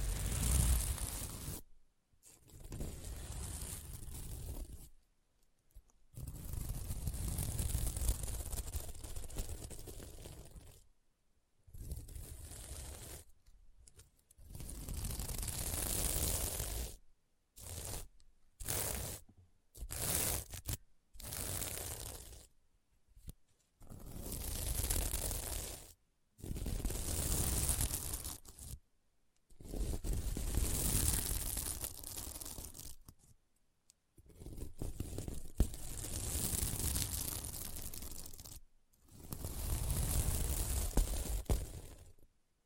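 Scratching on a sequin mermaid pillow comes in bursts of rough, rasping strokes, each lasting a few seconds, separated by short silences. The sound is full and gritty across low and bright ranges, with a crisp, papery edge, and some shorter quick strokes around the middle.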